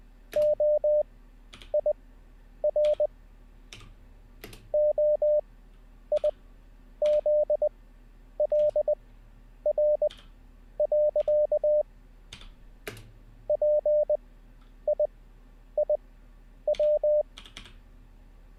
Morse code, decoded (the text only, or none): OIR OIZLR. PIIW